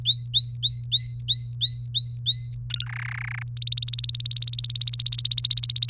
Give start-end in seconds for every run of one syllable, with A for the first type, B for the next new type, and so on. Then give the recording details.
0.05-2.55 A, 2.70-2.85 B, 2.86-3.42 C, 3.57-5.89 D. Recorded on 3 May 2018 at 07:17. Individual llb3